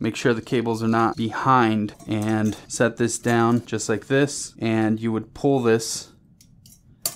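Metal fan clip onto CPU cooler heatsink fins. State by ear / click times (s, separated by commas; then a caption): seated / 7.1 s. Someone talks while the metal wire fan clip, hooked into the fan's corner holes, is pulled over the aluminium heatsink fins of a Thermalright Peerless Assassin CPU cooler. After a couple of faint ticks, a sharp click at 7.1 s marks the clip snapping onto the fin edges, seated.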